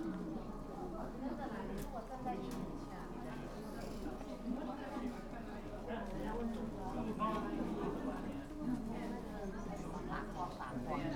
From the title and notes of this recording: Recordings I made on the 25 May 2017 during a day of wandering in Kanazawa, an important cultural town on the west coast of Honshu Japan.